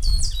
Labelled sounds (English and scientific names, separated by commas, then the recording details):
Stitchbird (Notiomystis cincta) song
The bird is a male
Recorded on Tiritiri Matangi Island, New Zealand, in 2005
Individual 7, of nest box 9